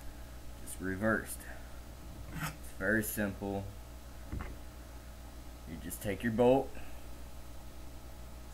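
Someone talks while picking up the steel bolt of an AK-47 rifle and getting it ready to go back into the bolt carrier during reassembly, with a brief sharp handling sound at about 4.4 s. Nothing has seated or clicked yet; this is handling only.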